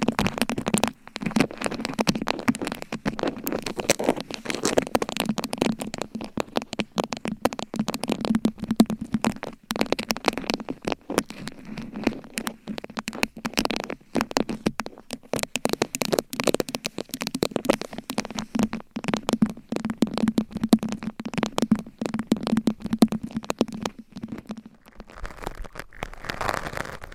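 Gentle tapping and scratching carry on in quick, uneven bursts, with short gaps of near silence between clusters. The taps are dry and crisp over a low, steady hum that runs almost to the end. Near the close the hum stops and the scratching turns softer and brighter.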